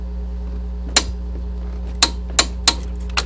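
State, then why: Torque reached. A torque wrench is pulled for the final tightening on a front brake bolt of a 2003 Trailblazer truck. It gives sharp metallic clicks at 1.0, 2.0, 2.4 and 2.7 seconds over a steady low hum. The clicking shows the bolt has reached its torque setting.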